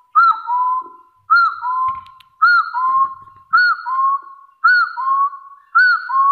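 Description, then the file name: Hill partridge whistles in regular pairs, a high curved note then a lower upslurred one, repeated six times at roughly one-second intervals. "Tieng ga so nui"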